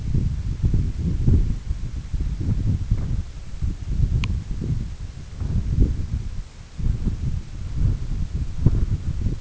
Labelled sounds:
none
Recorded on Arctic tundra, site EABA-1, on 21 June 2018
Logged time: 02:00

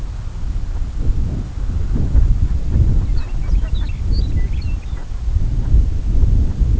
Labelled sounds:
Brent Goose
Lapland Longspur
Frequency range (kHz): Lapland Longspur 1.8-5.2 kHz
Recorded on Arctic tundra, site CORI-1, on 20 June 2018
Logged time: 20:00

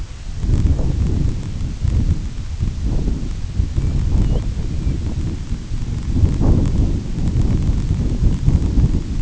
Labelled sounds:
Grey Plover
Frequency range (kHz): Grey Plover 2.0-3.5 kHz
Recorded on Arctic tundra, site IGLO-A, on 22 June 2018
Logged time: 17:59

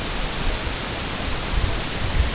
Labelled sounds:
none
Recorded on Arctic tundra, site EABA-MC, on 22 June 2019
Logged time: 00:00

